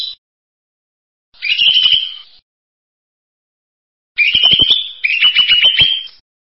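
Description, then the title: Bird giving buzzy trilled song phrases: a brief fragment, one burst of about a second, then two joined phrases near the end, with silence between. "burung online"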